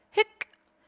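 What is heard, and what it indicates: A single abrupt voiced 'hic' followed by a brief click, an imitated hiccup in an adult voice, from a sudden spasm of the diaphragm triggered by a nerve signal from the spinal cord.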